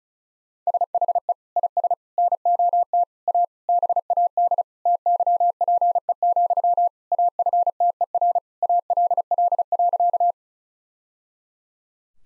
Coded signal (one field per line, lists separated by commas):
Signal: Morse code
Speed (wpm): 36 wpm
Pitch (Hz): 700 Hz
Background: none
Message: SHE IS NOT A BAD TYPE, AFTER ALL.